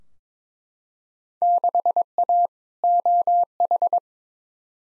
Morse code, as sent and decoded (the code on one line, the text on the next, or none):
-.... .- / --- ....
6A OH